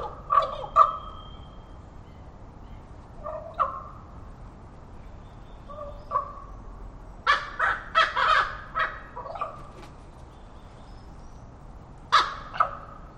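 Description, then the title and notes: Common Raven calls, scattered knocking and croaking notes, some in quick clusters, with a brief high thin whistle from another bird early on. Wild raven calling from trees in forest, moving from tree to tree; Totem Park; about 9:30am; overcast with light rain, breezy from southeast; falling tide. "A raven calling in the forest reminded me of a time I was walking through the park with visiting Australians"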